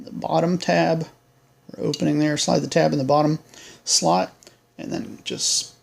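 Someone talks while the metal door of a GE Supra Access Point dial combination key safe is handled, sliding its bottom tab into the bottom slot of the safe body before pressing it in place. The clip ends before the door goes home, so its two tabs have not yet snapped or locked into place.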